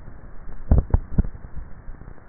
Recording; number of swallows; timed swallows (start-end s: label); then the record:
swallowing sounds by neck microphone; 1
0.48-1.28 s: swallow
From the record:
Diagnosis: dysphagia